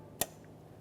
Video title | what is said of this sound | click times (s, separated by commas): How to Replace Throttle Body Assembly 2017-2024 GMC Acadia 3.6L V6 | press it in listen for a click we'll give it a light tug to make sure it's secured and lock it in | 0.2 s